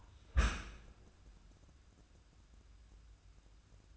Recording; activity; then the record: daily activity, microphone in the room; close dishwasher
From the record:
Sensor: 2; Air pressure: 994.2 hPa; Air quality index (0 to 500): 213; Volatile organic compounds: 1000 ppm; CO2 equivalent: 7047 ppm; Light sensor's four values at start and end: 120/287/121/124 and 121/289/122/125